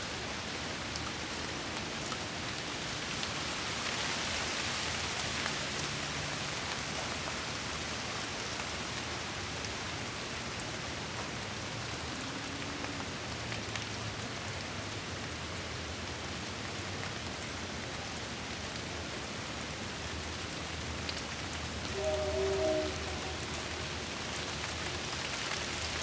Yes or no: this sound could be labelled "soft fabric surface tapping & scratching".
no